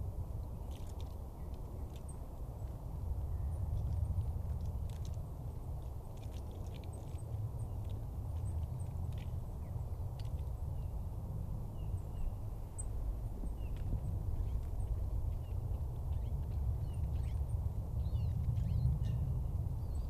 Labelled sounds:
Goldcrest call
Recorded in the wild
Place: Schönow, Naturpark Barnim, Brandenburg, DE
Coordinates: 52.6981, 13.5033
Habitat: coniferous forest
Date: 2013-01-13 14:50
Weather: clear, almost windless, -2°C
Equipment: Sound Devices 702, Sennheiser MKH 70, Rycote Windschutz
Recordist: Frommolt, Karl-Heinz

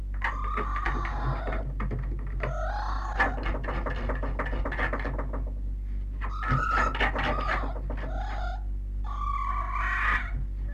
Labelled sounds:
Red Fox
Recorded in captivity
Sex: male
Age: juvenile
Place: Zoologisches Institut der HUB, Berlin, DE
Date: 1958-06-14
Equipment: Smaragd
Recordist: Tembrock, Günter

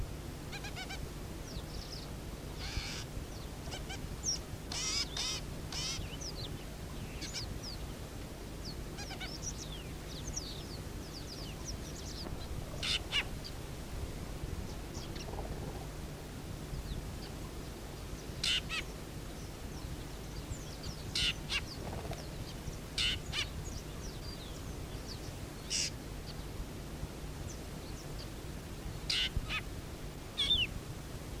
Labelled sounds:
Fork-tailed Drongo call
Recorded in the wild
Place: Südwestafrika
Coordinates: -23, 17
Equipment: Halbspur, 9,5 cm/s
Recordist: Lütgens, Hans

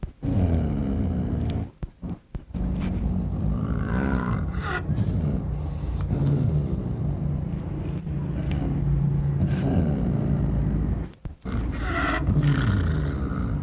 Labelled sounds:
Snow Leopard call
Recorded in captivity
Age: adult
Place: Tierpark Berlin, Berlin, DE
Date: 1962-12-08 15:00
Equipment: Minifon, Kopie Smaragd
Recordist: Tembrock, Günter

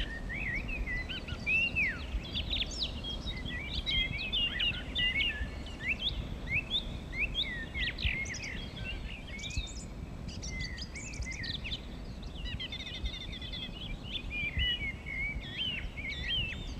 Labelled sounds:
Song Thrush song
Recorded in the wild
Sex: male
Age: adult
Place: Mirnock, Kärnten, AT
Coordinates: 46.75, 13.73
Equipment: Uher 4000, Phillips Mikrofon
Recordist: Brunner, Thomas
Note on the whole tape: Frühjahr 1967, in der Nähe des Müllner Gatter aufgenommen

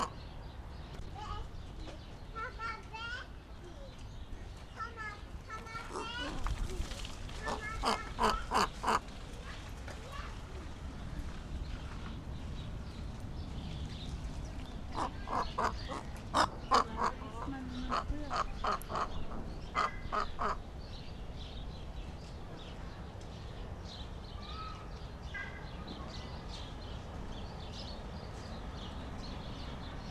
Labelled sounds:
Whistling Heron call
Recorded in captivity
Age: adult
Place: Zoo Berlin, Berlin, DE
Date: 1997-09-16 16:30
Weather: heiter - wolkig, ca. 23°C
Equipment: Sony MD-WM MZ-R3, Sennheiser ME 80, Kopie Uher 4000 Report Monitor
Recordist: Tembrock, Günter

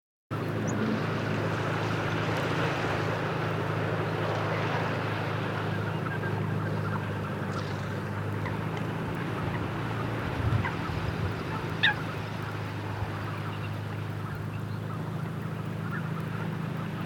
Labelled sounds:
Tufted Duck
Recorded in the wild
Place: Neuenkirchen, Insel Rügen, Mecklenburg-Vorpommern, DE
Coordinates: 54.544, 13.351
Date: 1976-03-20
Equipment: Nagra III BH, Sennheiser MD 21, parabola
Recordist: Schubert, Michael

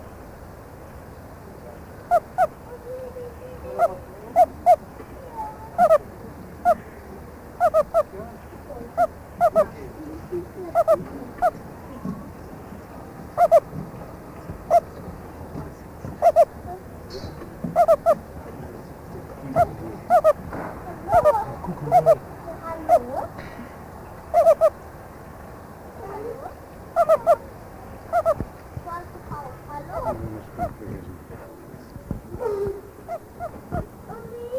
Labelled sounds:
Meerkat call
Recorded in captivity
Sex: male
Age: adult
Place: Zoo Karlsruhe, Baden-Württemberg, DE
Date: 2000-09-26 16:00
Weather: fair, 16-17°C
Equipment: Nagra SN, Kopie Uher 4000 Report Monitor
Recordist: Tembrock, Günter

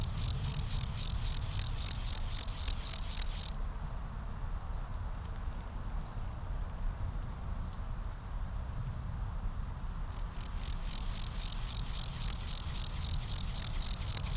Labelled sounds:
Water-meadow Grasshopper stridulation
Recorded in the wild
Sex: male
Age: imago
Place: Summt, Brandenburg, DE
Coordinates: 52.682, 13.377
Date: 1996-10-19 12:58
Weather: sonnig, 11-12°C
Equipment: Sony MD-WM MZ-R3, Sennheiser MKH 416 T, Kopie Uher 4000 Report Monitor
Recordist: Tembrock, Günter

